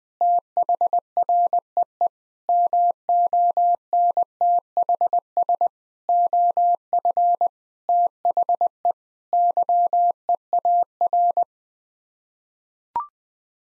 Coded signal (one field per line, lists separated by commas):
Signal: Morse code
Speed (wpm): 19 wpm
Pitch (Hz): 700 Hz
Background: none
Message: THREE MONTHS OF THE YEAR